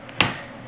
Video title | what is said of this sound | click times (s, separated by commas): How to replace laptop screen for Dell Inspirion 1420 | slide it in you should hear a click | 0.2 s